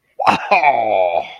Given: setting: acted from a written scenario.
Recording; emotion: vocal sound without words; positive surprise